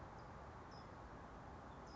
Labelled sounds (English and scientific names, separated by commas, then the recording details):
California Towhee (Melozone crissalis)
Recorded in Sonoma County, California